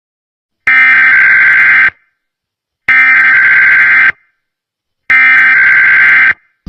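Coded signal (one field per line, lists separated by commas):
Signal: Emergency Alert System (SAME) tones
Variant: header bursts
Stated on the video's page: Mock tornado warning, a simulated EAS alert rather than a real one.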